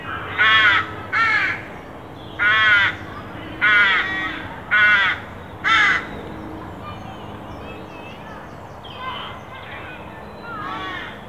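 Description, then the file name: Carrion crow calling with six loud, rasping caws in quick succession, followed by a few softer caws toward the end. "Corvus corone"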